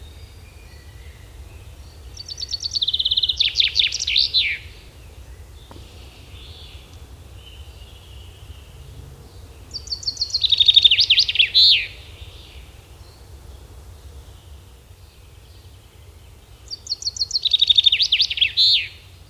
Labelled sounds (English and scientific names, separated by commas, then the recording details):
Common Chaffinch (Fringilla coelebs) song
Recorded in the wild
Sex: male
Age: adult
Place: Schloß Holte-Stukenbrock, Senne, Nordrhein-Westfalen, DE
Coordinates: 51.87, 8.66556
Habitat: farm
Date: 1973
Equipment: Uher 4200 Report Stereo, Bändchenmikro Beyer M 260, Parabolspiegel Polyester (600 mm)
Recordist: Conrads, Klaus
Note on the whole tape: Hof Benteler (Furlbach-Gebiet). Männchen: Gesang (A, B, C, D, E) (Buchfink 61-13 - Bezeichnung des Autors). Ungenaue Datumsangabe: 15. bis 20.06.1973